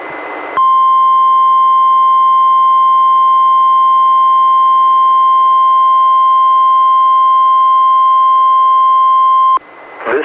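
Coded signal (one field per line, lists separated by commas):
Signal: Emergency Alert System (SAME) tones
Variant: 1050 Hz attention tone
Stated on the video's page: Required Weekly Tests relayed by a NOAA Weather Radio station, recorded from a Reecom R-1630 weather radio through a Zoom H1 audio recorder.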